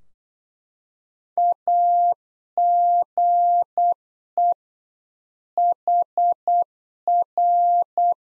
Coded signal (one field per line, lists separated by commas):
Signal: Morse code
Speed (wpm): 8 wpm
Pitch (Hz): 700 Hz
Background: none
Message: AGE HR